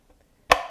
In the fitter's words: and it snaps right in then we have another piece